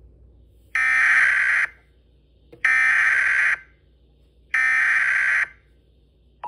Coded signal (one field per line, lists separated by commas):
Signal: Emergency Alert System (SAME) tones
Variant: header bursts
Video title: EAS scenario SCP 049￼ Part 1/3 My first ever EAS scenario￼ ￼